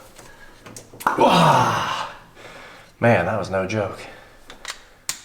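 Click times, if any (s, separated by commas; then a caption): 5.1 s. Someone talks after pulling a stiff MSD spark plug wire off a Ford F-100 engine to test for spark, then pushes the rubber wire boot onto the spark plug terminal. The boot snaps on with a sharp click at 5.1 s and is seated.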